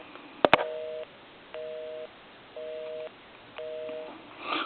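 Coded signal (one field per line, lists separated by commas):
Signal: telephone call progress tone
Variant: North America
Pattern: busy tone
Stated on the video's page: Call progress tone on a Western Electric Princess telephone during final checkout after repair and LED conversion.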